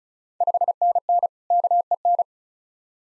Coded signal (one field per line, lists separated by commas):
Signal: Morse code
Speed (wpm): 36 wpm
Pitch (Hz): 700 Hz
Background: none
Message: 5NN KEN